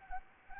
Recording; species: mosquito wingbeat signal from an infrared sensor; Anopheles arabiensis